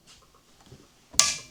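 Scope ring screws on a Leupold muzzleloader scope mount are tightened with a preset torque driver set to 28 inch-pounds, turned by the rubber part of the handle. After faint low handling noise, the driver gives a sharp, loud click at 1.2 seconds that rings briefly and fades. The click confirms the screw has reached the 28 inch-pound setting.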